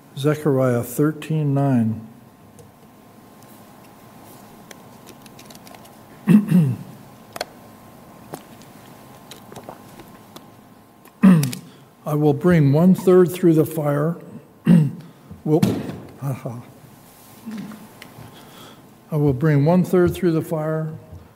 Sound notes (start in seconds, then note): 11.2 clears throat; 14.6 clears throat